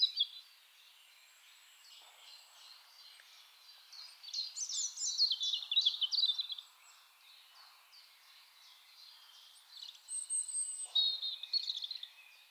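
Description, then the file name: European robin song: bursts of sweet, rapid, tumbling high notes, two main phrases with quieter twittering between them. "Erithacus rubecula"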